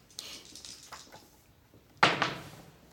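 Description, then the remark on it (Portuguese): A few light clicks and rattles, then a sharp clattering burst as two dice tumble across a hard tabletop during a role-playing game and settle showing 3 and 3, fading out quickly with no voices. “Quanto deu? Deu 3 e 3.”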